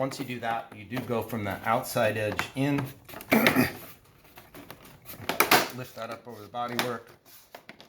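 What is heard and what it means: Someone talks while working a plastic radiator side trim piece, its locating tab cut off with cutters, from the outside edge in and lifting it up over the bodywork of a 2018+ Honda Gold Wing motorcycle. Short sharp handling taps and rattles come near 3.5 s and between 5.3 and 5.5 s. Nothing has seated or clicked yet.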